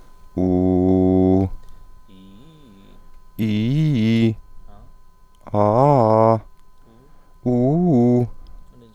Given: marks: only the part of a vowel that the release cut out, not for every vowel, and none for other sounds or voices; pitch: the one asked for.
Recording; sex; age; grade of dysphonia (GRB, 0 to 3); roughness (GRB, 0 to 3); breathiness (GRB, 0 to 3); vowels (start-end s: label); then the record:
sustained vowels; male; 20 to 29 years; 0; 0; 0
0.44-1.27 s: vowel /u/, low pitch
3.44-4.20 s: vowel /i/, low-high-low pitch
5.60-6.31 s: vowel /a/, low-high-low pitch
7.48-8.20 s: vowel /u/, low-high-low pitch
From the record:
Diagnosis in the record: healthy voice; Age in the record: 29 years